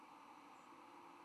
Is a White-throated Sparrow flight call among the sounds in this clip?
no